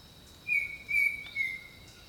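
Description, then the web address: Bird song: three bright whistled notes in quick succession, each held briefly at nearly the same pitch, with a steady high insect buzz behind. Jungle birdsong. "Echoes of Nature - Jungle Talk 01 Jungle Birdsong"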